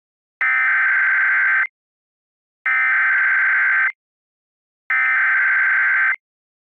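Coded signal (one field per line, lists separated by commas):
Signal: Emergency Alert System (SAME) tones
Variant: header bursts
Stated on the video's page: Fictional EAS scenario themed on Majora's Mask.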